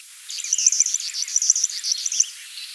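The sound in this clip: River warbler song: a high, insect-like rhythmic buzzing made of quick repeated pulses, several per second, on a clean quiet background.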